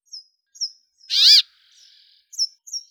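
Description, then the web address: Brambling call: one loud, harsh, nasal note arching up then down, surrounded by thin, high, short descending chips. "Fringilla montifringilla"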